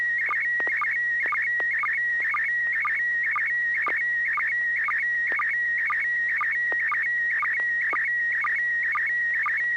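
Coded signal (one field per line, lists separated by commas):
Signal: SSTV (slow-scan television)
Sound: steady whining tone near 1.9 kHz with rapid regular chirps and clicks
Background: low hum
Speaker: The picture came through very well. Hardly any of those little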